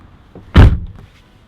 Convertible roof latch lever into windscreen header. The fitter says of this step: what we have is as a lever here you twist it round locks put it up and the roof is locked into place there